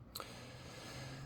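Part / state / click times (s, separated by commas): knife component into folding knife handle / seated / 0.2 s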